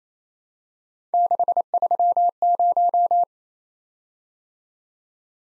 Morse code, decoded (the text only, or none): 630